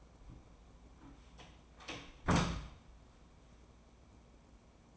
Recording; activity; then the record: daily activity, microphone in the room; close door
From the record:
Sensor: 1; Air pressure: 1012.4 hPa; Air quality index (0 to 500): 164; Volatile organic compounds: 3 ppm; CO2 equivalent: 1344 ppm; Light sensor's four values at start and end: 839/1766/844/944 and 862/1813/867/970